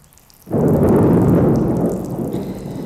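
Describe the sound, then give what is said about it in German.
After a brief quiet moment, a loud roll of thunder bursts in and rumbles on steadily over the hiss of heavy rain, fading only slightly toward the end. “Eine Dusche ist eine Dusche, aber was ein Regenwetter ist, weißt du, das ist ein Regenwetter.”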